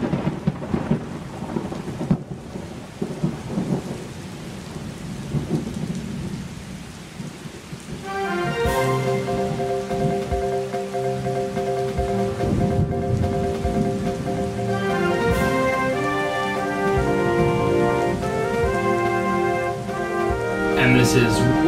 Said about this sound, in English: I just peeked out onto the patio and the rain has died down a tiny bit, actually. So perhaps the sound here is not actually live.